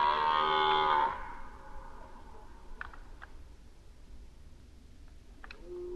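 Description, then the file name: Red deer giving one loud, full roar lasting about a second, followed by quiet with a few faint clicks and a brief low tone at the end. Recorded during the rut in 2011. "rykowisko 2011"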